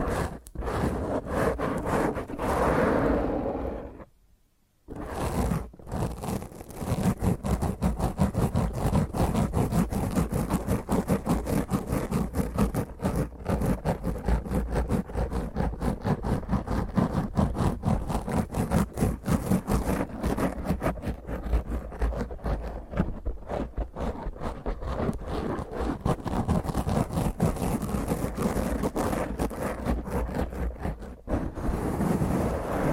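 Fingernails scrape roughly and intensely across a microphone in a dense, continuous rasp full of rapid gritty strokes. The scratching pauses briefly near the four-second mark, then resumes and stays harsh and busy, with a rumbling low undertone throughout.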